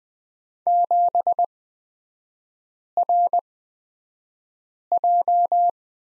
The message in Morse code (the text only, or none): 7RJ